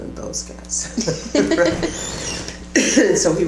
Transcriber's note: laughter